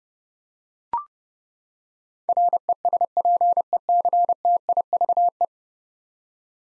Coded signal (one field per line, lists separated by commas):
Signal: Morse code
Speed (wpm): 30 wpm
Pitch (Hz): 700 Hz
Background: none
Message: RESPECTIVE